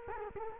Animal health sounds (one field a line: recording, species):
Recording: mosquito wingbeat signal from an infrared sensor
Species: Culex quinquefasciatus